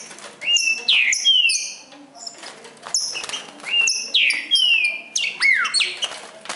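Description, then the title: Green-winged saltator singing rich whistled phrases with falling slurs, two birds seemingly alternating and overlapping. Bird named Nicão singing in the forest, in a song contest with a free-living wild saltator. "Trinca Ferro NICÃ O No Mato Disputando Com Solto"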